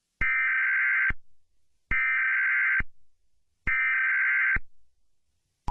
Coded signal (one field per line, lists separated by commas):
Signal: Emergency Alert System (SAME) tones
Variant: header bursts